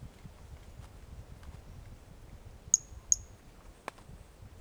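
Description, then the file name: Pumpkin toadlet call of two crisp, very high-pitched ticks about 0.4 seconds apart, then a single duller click, over soft low-frequency noise. Individual 05 recorded 18 January 2018; first note of the call missing; animal not collected. "Brachycephalus mirissimus 18 jan 2018 individual 05 ex 01 fist note missing L F Ribeiro not collected"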